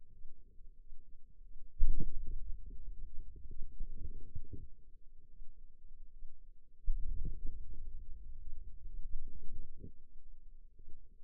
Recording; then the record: forearm muscle sounds (acoustic myography)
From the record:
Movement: wrist flexion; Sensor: system 2, bracelet of six BSWA MPA416 microphones around the upper forearm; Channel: 1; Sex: female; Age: 23 years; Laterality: right